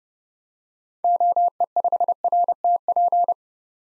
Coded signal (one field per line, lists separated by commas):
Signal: Morse code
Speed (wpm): 32 wpm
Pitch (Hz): 700 Hz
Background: none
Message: OE5RTP